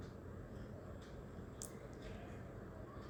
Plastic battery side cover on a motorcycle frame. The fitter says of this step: battery cover proper ആയിട്ട് lock ആയി എന്ന് ഉറപ്പുവരുത്തുക